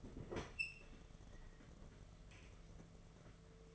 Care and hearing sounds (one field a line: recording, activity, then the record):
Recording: daily activity, microphone in the room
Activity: open fridge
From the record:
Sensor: 4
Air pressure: 1015.8 hPa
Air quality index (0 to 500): 191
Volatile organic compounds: 10 ppm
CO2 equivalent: 2203 ppm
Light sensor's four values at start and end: 10/23/9/9 and 8/17/7/7